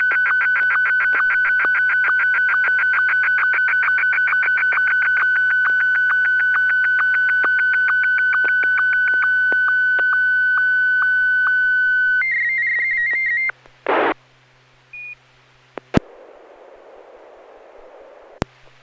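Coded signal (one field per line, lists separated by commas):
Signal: SSTV (slow-scan television)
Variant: Martin 1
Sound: steady mid tone with rhythmic ticks twice a second, brief warble, then static hiss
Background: FM radio squelch noise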